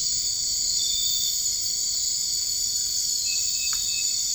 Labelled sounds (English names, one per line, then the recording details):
none
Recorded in dense forest near Puerto Asís, Putumayo, Colombia, on 21 March 2025 at 01:00
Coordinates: 0.485, -76.318
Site G056